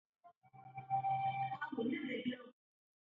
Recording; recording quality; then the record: sustained vowel as in made; poor, much background noise or distortion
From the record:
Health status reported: healthy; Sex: male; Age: 38 years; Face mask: not worn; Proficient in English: yes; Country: India